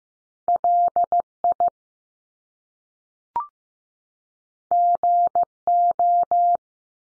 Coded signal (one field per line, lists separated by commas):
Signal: Morse code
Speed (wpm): 15 wpm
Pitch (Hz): 700 Hz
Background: none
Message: L IG O